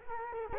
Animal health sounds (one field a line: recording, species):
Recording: mosquito wingbeat signal from an infrared sensor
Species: Culex quinquefasciatus